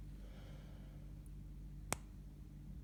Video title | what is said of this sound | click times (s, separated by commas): Walk through Oticon Nera 2 Pro RITE | that will click into the used filter remove it | 1.9 s